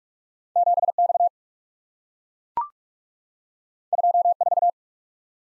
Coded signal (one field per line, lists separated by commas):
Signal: Morse code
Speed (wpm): 44 wpm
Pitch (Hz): 700 Hz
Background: none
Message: 7X 24